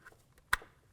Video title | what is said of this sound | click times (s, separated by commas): How to Replace Front Window Regulator 2000-2005 Buick LeSabre | listen for a click right there | 0.5 s